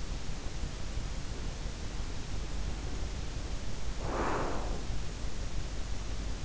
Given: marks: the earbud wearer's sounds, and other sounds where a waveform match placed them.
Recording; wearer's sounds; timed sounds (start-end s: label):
sounds in sleep by an in-ear microphone; breath
2.47-5.27 s: breath